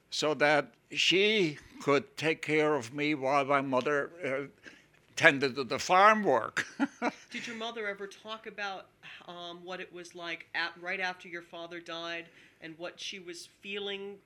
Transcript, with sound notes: So that she could take of me while my mother tended to the farm work. (he laughs)
Did your mother ever talk about what it was like after, right after your father died, and what she was feeling,